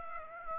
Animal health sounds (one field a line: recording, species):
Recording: mosquito wingbeat signal from an infrared sensor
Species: Aedes aegypti